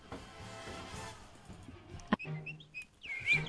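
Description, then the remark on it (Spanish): A recorded nightingale played on a radio programme chirps in short, high tweets that build into a quick warbling trill, preceded by a sharp click and a low, muffled rumble of background noise. “Y canta un pajarito. Sí, sí, el ruiseñor de antes, de Oscar Wilde.”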